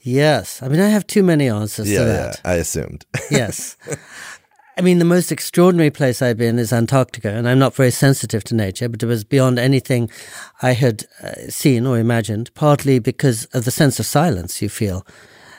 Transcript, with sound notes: I mean, I have too many answers to that.
Yeah, I assumed. [Laughs]
Yes. The most extraordinary place I’ve been is Antarctica. I’m not very sensitive to nature, but it was beyond anything I had seen or imagined—partly because of the sense of silence you feel,